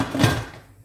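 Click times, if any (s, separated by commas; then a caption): none. A cooking appliance part, possibly a lid, drawer or basket, is handled as it is fitted into its kitchen appliance. A soft broadband clatter peaks around 0.2–0.3 s and fades out over the rest of the clip. Nothing has seated or clicked yet.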